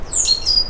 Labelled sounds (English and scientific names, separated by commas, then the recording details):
Stitchbird (Notiomystis cincta) song
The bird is a male
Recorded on Tiritiri Matangi Island, New Zealand, in 2005
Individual 12, of nest box 16